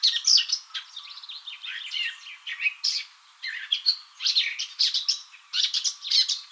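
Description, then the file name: Eurasian blackcap song: a fast, scratchy, varied warble of chattering and squeaky notes in bursts, with brief pauses between phrases. "Sylvia atricapilla"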